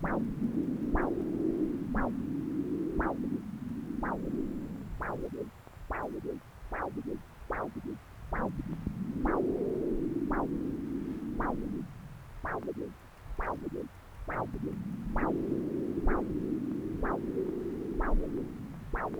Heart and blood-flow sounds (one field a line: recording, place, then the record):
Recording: Doppler ultrasound of blood flow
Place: left subclavian vein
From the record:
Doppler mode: continuous wave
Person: adult scuba diver, at rest before a dive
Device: O'Dive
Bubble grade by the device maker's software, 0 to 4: 0